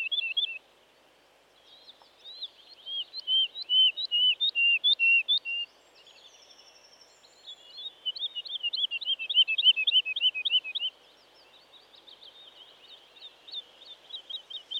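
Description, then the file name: Woodlark song: phrases of rapidly repeated liquid notes, separated by short pauses. "Woodlark (Lullula arborea)"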